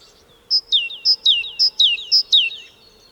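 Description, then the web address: Great tit song with a ringing 'tea-cher' rhythm, a sharp high note dropping into a sliding lower one, given four times rapidly. "Carbonero común"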